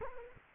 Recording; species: mosquito wingbeat signal from an infrared sensor; Culex quinquefasciatus